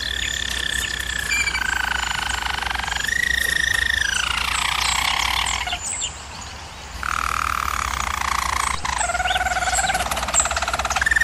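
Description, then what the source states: German Roller canary song of rolling trills, one sliding smoothly downward, a quieter spell, then more varied rolls, over a low steady hum. German Roller canary singing, used for canary training.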